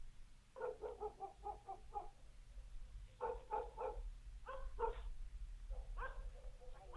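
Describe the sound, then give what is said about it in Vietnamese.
Dogs bark in quick, loud volleys at the end of a village, several sharp barks in a row, then shorter bursts after brief pauses, over a steady low rumble with no talking. “Tiếng chó cắn ông ổng vang lên.”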